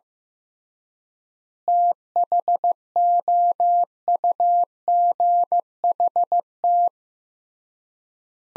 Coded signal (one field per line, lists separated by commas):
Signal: Morse code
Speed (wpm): 15 wpm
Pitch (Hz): 700 Hz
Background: none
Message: THOUGHT